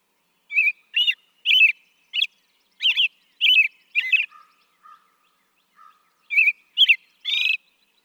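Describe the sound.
American robin caroling with clear whistled phrases, a few soft low notes in a brief pause, then a final burst ending in a squeaky high note.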